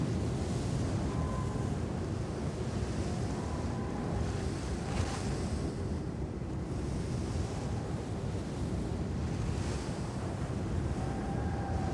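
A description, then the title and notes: Calm desert wind blows as a steady low rumble with soft gusty rushes, broken by faint brief whistling tones every few seconds. Desert and Calm Wind.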